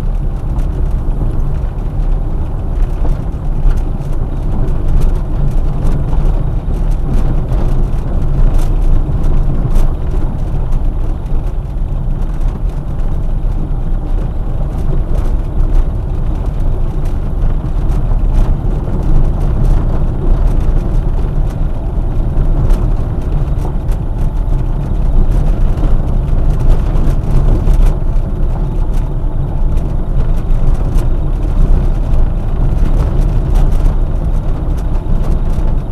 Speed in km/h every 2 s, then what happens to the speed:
22, 21, 22, 20, 19, 20, 20, 23, 25, 25, 25, 25, 24, 24, 24, 25, 25, 24.
0-36 steady at about 24.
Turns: none.